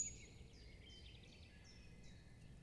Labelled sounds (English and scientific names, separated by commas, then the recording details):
Common Chiffchaff (Phylloscopus collybita)
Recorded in Germany
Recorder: ecoPi